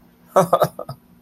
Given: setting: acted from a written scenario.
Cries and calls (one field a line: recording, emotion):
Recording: vocal sound without words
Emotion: amusement